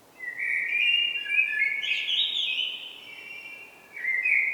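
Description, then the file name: Common blackbird pouring out a sustained, rich warbled phrase with a high twittery middle, then starting another fluted phrase. "Turdus merula"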